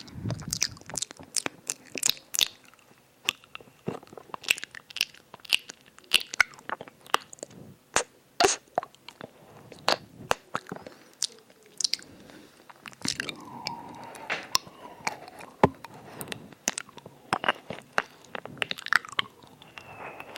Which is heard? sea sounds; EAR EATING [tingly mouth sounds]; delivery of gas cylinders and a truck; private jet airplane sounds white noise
EAR EATING [tingly mouth sounds]